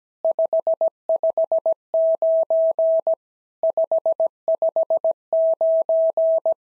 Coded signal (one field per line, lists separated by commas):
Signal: Morse code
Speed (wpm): 17 wpm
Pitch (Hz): 650 Hz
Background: none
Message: 559 559